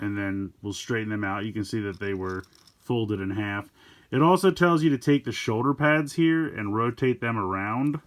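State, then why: Not seated. Someone talks while handling the plastic shoulder pads of a Studio Series Elita-1 transforming action figure from Transformers One, straightening parts that were folded in half, before rotating the pads around on the shoulder joints. Faint handling noise sits under the speech, and nothing has seated or clicked yet.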